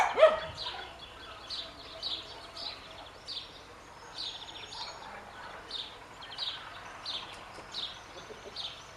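Bird chirps, short high notes repeated roughly every half second to one second, after one louder sound at the start.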